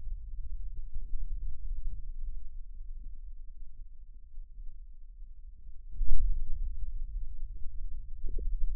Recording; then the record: forearm muscle sounds (acoustic myography)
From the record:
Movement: radial deviation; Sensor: system 2, bracelet of six BSWA MPA416 microphones around the upper forearm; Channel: 1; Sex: male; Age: 22 years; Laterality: right